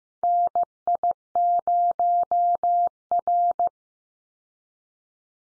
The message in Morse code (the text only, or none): NI0R